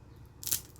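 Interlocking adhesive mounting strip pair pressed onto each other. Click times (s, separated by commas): 0.5 s, 0.8 s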